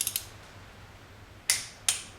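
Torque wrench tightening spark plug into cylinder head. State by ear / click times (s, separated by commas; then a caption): torque reached / 1.5 s, 1.9 s. A torque wrench set to 22 ft-lb tightens a new spark plug into the aluminium cylinder head of a BMW E46. A few quick ratchet ticks are followed by two loud, sharp clicks from the wrench at 1.5 s and 1.9 s, over a low steady hum. The clicks signal that the plug has reached the set torque.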